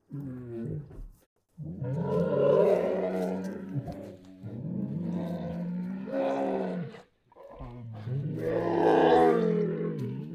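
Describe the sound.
Lion giving low moaning groans in several long, rough bursts separated by short pauses, harsh and throaty with a deep rumbling base.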